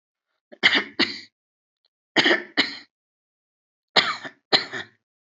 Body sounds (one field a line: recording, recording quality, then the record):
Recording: shallow voluntary cough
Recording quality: excellent, no background noise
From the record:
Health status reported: healthy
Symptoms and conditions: hypertension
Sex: male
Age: 62 years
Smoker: not ticked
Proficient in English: yes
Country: India